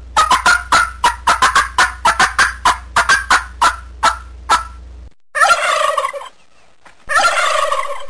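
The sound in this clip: Turkey gobbling, a rapid series of about twenty sharp, clipped notes over five seconds, then two longer rattling gobbles separated by a short silence.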